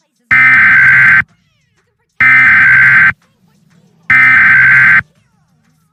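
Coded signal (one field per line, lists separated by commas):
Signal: Emergency Alert System (SAME) tones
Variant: header bursts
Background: speech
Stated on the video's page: Simulated tornado EAS scenario, possibly containing valid EAS tones.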